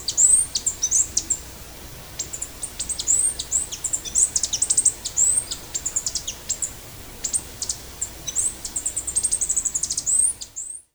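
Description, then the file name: Blue-backed conebill calls, very high, thin chips and short slurred notes in quick irregular bursts, continuing for about ten seconds over a faint background hiss. "Conirostrum sitticolor"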